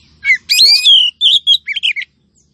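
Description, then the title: Oriental magpie-robin delivering harsh, slurred whistles followed by several short clipped notes in quick succession, with faint low rumble at the start. Female calling male, used as a lure to prompt male to sing and fight. "Kacer BETINA Memanggil Kacer JANTAN agar GACOR"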